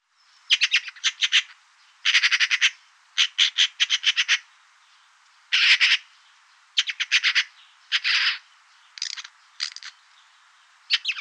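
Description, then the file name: Eurasian magpie calling in repeated bouts of dry, machine-gun rattling, in many short bursts spaced by brief gaps. "Pie bavarde"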